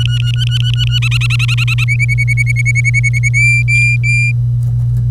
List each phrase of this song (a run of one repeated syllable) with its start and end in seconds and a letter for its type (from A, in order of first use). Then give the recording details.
0.00-0.99 A, 1.02-1.84 B, 1.88-3.29 C, 3.34-4.32 D. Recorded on 25 April 2018 at 05:51. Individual llb3